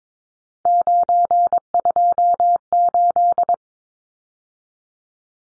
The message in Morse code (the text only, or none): 928